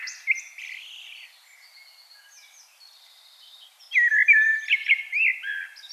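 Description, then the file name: Common blackbird song: faint warbling at first, then a louder phrase of mellow slurred whistles mixed with thin high twitters. "Turdus merula"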